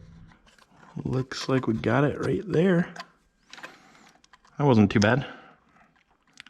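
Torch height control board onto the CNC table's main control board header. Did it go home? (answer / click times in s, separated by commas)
yes / 6.4 s, 6.5 s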